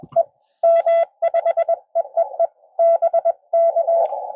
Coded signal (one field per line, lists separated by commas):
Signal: Morse code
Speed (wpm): 22 wpm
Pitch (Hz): 690 Hz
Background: none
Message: E M5EEE BK